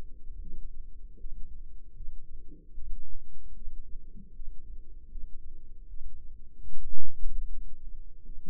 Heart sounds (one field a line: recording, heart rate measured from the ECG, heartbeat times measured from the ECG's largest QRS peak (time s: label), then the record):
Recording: heart sounds by microphone in the left ear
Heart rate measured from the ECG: 77 bpm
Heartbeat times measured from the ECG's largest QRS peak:
0.39 s: heartbeat
1.17 s: heartbeat
1.94 s: heartbeat
2.73 s: heartbeat
3.53 s: heartbeat
4.33 s: heartbeat
5.08 s: heartbeat
5.87 s: heartbeat
6.66 s: heartbeat
7.46 s: heartbeat
8.23 s: heartbeat
From the record:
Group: healthy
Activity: rest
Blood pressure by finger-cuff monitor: 99/59 mmHg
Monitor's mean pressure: 72 mmHg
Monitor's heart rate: 75 bpm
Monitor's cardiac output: 6.6 L/min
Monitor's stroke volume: 87 mL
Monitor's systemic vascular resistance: 780 dyn s/cm5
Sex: female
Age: 19 years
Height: 163 cm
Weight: 48.9 kg